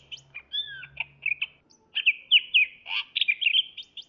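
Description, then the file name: Greater green leafbird singing a lively jumble of sweet slurred whistles and quick chirps, phrases tumbling over each other, with a soft low hum early on. Labelled as the Medan type of the bird. "suara cucak hjau medan"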